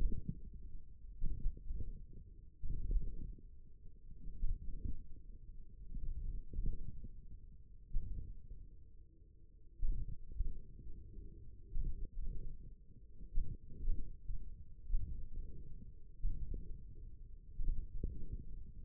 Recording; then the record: forearm muscle sounds (acoustic myography)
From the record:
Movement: radial deviation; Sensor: system 1, eight BSWA MPA416 microphones around the upper forearm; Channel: 2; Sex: male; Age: 28 years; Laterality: right